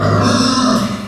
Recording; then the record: squeal of a Yucatan mini pig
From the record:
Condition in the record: after surgery on the right vocal fold (resection and tissue-engineered implant); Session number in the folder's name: 11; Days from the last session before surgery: 98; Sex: female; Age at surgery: 19 weeks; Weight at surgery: 25 kg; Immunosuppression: prednisolone